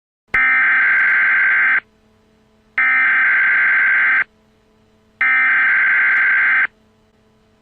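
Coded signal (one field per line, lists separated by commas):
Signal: Emergency Alert System (SAME) tones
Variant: header bursts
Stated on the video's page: Fan-made EAS recreation based on the game Parasite Eve with a retro 1997 style.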